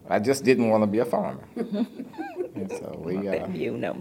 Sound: laughter

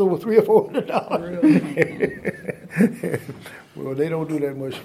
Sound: laughter

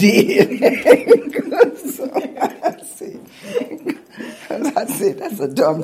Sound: laughter

